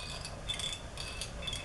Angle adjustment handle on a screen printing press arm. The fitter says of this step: right now I can't I can't move it because I tighten it down but if I pull it out it'll unlock the teeth on the inside you hear that